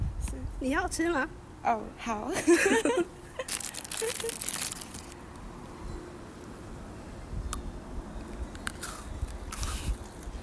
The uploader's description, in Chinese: 韓國坡州市（파주시）